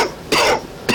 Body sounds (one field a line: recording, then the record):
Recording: coughing mixed with background sound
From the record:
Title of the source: Coughing 60